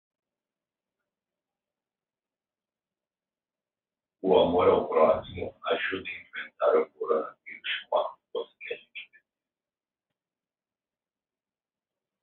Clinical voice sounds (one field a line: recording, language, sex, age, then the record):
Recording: spoken sentence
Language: Brazilian Portuguese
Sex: male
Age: 40 to 49 years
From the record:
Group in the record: control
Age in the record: 43 years